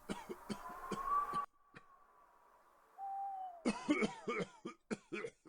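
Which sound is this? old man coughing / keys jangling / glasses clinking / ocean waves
old man coughing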